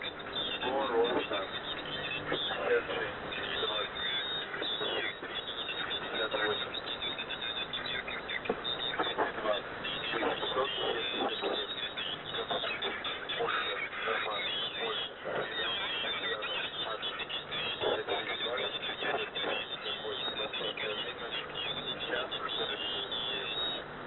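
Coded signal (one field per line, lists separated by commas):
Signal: coded military voice message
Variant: The Pip, Russian voice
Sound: russian voice reading a callsign, number groups and a codeword over radio noise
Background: radio static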